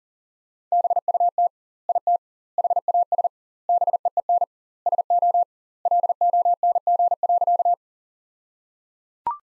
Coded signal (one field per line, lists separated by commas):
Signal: Morse code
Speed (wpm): 37 wpm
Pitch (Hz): 700 Hz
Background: none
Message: BUT IT HAS BEEN SO LONG.